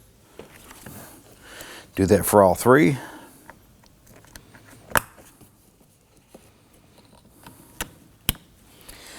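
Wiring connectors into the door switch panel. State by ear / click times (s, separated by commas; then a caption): seated / 5.0 s, 8.3 s. Wiring connectors are pushed into the door switch panel of a 2015–2024 Nissan Murano while someone talks briefly. Sharp clicks at 5.0 s and 8.3 s mark the remaining connectors seating into place.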